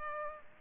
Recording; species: mosquito wingbeat signal from an infrared sensor; Culex pipiens